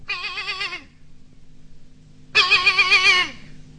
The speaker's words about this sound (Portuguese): E o cabrito foi chegando e foi berrando.